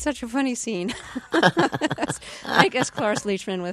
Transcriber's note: soundbite of laughter